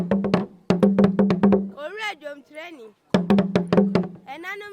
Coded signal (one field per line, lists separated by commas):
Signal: talking drum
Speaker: In this example, only a voice and drum are heard. The drum seemingly mimics the sound of the vocalist.